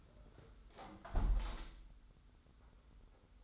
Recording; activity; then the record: daily activity, microphone in the room; close window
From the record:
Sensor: 3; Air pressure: 991.3 hPa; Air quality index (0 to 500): 112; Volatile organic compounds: 62 ppm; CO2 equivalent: 3434 ppm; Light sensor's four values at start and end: 47/129/52/46 and 46/129/52/46